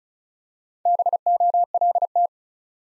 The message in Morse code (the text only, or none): BOLT